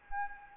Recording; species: mosquito wingbeat signal from an infrared sensor; Anopheles gambiae